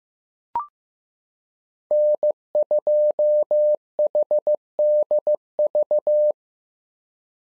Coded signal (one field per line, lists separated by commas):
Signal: Morse code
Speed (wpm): 15 wpm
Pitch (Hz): 600 Hz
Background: none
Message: N2HDV